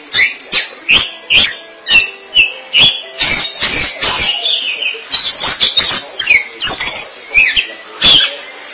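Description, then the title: Oriental magpie-robin song opening with evenly spaced sharp chips, then breaking into rapid, jumbled whistles and scratchy warbles with frequent clicks. Kacer song. "Suara Kicauan Burung Kacer"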